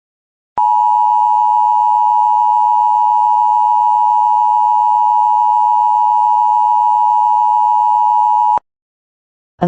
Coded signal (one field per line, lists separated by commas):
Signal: Emergency Alert System (SAME) tones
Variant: 853 and 960 Hz attention tone